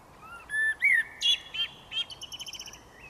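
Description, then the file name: Common blackbird song of a few loud, mellow whistled notes, followed by a rapid run of thin, high squeaky twitters. "Turdus merula"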